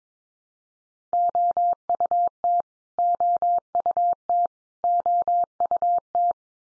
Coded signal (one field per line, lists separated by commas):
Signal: Morse code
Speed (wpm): 22 wpm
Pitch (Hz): 700 Hz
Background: none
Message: OUT OUT OUT